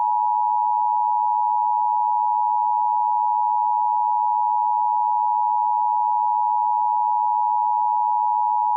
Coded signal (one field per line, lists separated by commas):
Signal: Emergency Alert System (SAME) tones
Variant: 853 and 960 Hz attention tone